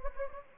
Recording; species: mosquito wingbeat signal from an infrared sensor; Anopheles gambiae